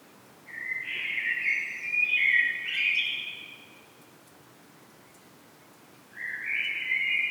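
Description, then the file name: Common blackbird with a warbled phrase of several linked notes, a pause of two seconds, then the start of another phrase. "Turdus merula"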